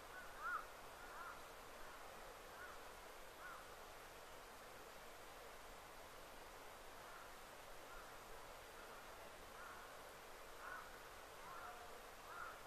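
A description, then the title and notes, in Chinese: Soft bird calls sound through a very quiet wild thicket, short muted notes recurring every second or so at a middle pitch. A faint steady hiss lies underneath, and one brief sharp tick stands out near the start. 林薮呖呖·极静深野。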